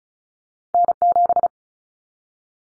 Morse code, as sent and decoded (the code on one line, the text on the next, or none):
-. --...
N7